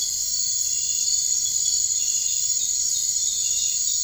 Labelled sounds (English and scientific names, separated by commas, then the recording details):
none
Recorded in dense forest near Puerto Asís, Putumayo, Colombia, on 13 March 2025 at 02:00
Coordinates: 0.485, -76.318
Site G056